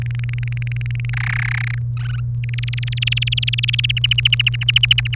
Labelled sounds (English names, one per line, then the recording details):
Domestic Canary song
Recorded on 30 April 2018 at 17:47
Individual llb3